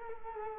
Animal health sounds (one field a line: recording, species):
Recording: mosquito wingbeat signal from an infrared sensor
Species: Culex quinquefasciatus